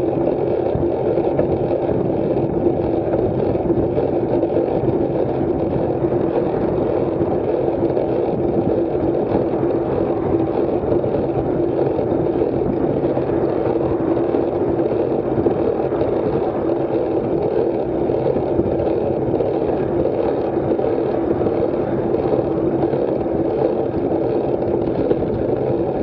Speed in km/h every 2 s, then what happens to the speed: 25, 23, 22, 21, 23, 20, 24, 21, 21, 24, 25, 18, 24.
0-26 steady at about 23.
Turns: none.